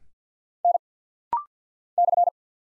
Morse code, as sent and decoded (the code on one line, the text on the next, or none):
-. / -..-.
N /